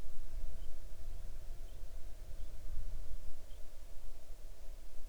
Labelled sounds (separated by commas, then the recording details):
bird, insects
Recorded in the Arctic National Wildlife Refuge, Alaska, on 6 July 2019 at 00:03
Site 39